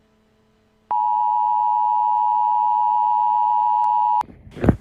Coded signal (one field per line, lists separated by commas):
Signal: Emergency Alert System (SAME) tones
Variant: 853 and 960 Hz attention tone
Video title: The Tornado Of Decades (EAS scenario)